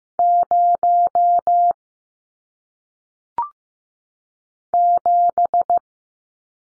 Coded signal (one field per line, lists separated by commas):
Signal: Morse code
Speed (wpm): 15 wpm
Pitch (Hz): 700 Hz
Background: none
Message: 0 7